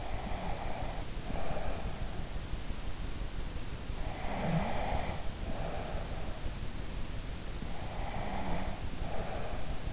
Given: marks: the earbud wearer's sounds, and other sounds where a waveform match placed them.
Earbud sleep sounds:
sounds in sleep by an in-ear microphone; breath, snoring breath
0.00-1.78 s: breath
4.06-6.08 s: snoring breath
7.81-9.54 s: breath

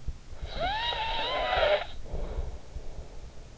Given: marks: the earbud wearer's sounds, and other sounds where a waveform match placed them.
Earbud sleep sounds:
sounds in sleep by an in-ear microphone; snoring breath
0.00-3.31 s: snoring breath

